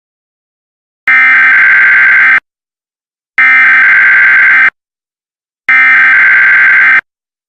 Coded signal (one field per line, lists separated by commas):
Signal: Emergency Alert System (SAME) tones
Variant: header bursts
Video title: EAS Scenario #2: Suicide Ghost